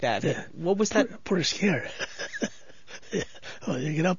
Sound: he laughs

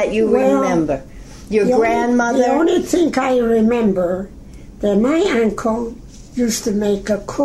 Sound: none

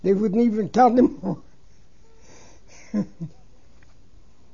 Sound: he laughs

